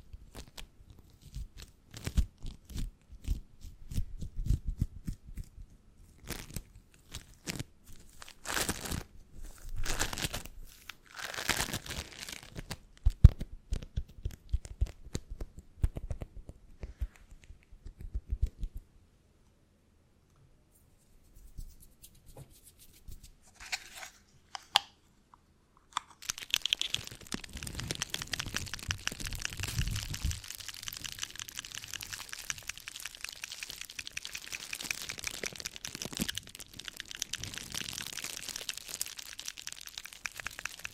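Squeezing and crinkling sounds come in dense bursts of sharp crackles and taps for the first eighteen seconds, then nearly stop, with only a few scattered clicks. From about 26 seconds a steady, bright scratching rustle takes over and continues to the end.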